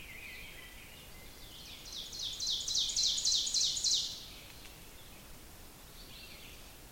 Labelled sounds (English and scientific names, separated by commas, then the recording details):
Ovenbird (Seiurus aurocapilla) song
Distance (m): 35 m
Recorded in boreal forest in Alberta, Canada, on 5 June 2016 at 05:41
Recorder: SongMeter 3, array SBT-3-51
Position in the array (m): 271 m, 119 m
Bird 28